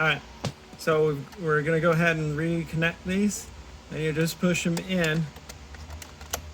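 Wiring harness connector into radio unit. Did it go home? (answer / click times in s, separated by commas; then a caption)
yes / 6.3 s. Radio wiring harness plugs are pushed back into their sockets on the radio unit of a Mercedes-Benz SL-Class R230 while someone talks. After a few small pushing sounds, a sharp click at 6.3 seconds marks the connector locking into place, seated.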